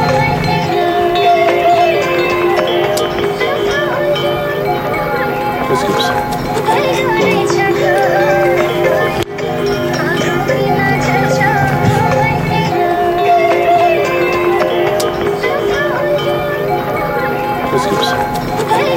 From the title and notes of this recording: From Lukla to Everest Base Camp & Kalapathar. A Soundscape composition using geo-located recordings chronologically depicting my hike up to Everest Base Camp during Sep./Oct.